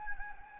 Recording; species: mosquito wingbeat signal from an infrared sensor; Anopheles gambiae